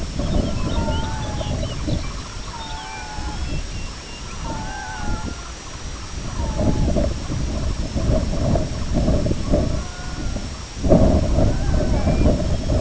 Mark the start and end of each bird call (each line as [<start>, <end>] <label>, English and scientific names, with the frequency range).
[0.14, 2.44] Sanderling (Calidris alba) (0.5-1.9 kHz)
[0.17, 2.90] Lapland Longspur (Calcarius lapponicus) (2.0-4.5 kHz)
[0.18, 1.60] Red-throated Loon (Gavia stellata) (0.6-1.9 kHz)
[2.48, 3.54] Red-throated Loon (Gavia stellata) (0.6-1.9 kHz)
[2.79, 5.09] Purple Sandpiper (Calidris maritima) (2.0-3.1 kHz)
[4.38, 5.54] Red-throated Loon (Gavia stellata) (0.6-1.9 kHz)
[5.59, 9.32] Sanderling (Calidris alba) (0.3-1.6 kHz)
[6.30, 6.92] Red-throated Loon (Gavia stellata) (0.7-1.5 kHz)
[9.69, 10.49] Red-throated Loon (Gavia stellata) (0.6-1.8 kHz)
[11.36, 12.04] Red-throated Loon (Gavia stellata) (0.6-2.0 kHz)
[11.90, 12.73] Grey Plover (Pluvialis squatarola) (2.0-3.5 kHz)